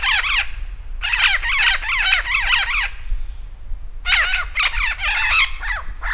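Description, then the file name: Vinaceous-breasted amazon uttering strident, nasal squawks in three rapid bursts separated by pauses of up to about a second. Recorded at Campos do Jordão, São Paulo, Brazil, on 3 December 2009. "Amazona-vinacea-PECampos-do-Jord-SP-3-12-09-ASilveira"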